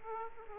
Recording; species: mosquito wingbeat signal from an infrared sensor; Aedes aegypti